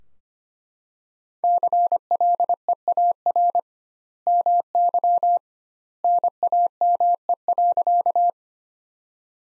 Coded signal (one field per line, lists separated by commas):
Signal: Morse code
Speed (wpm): 25 wpm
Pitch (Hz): 700 Hz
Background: none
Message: CLEAR MY NAME.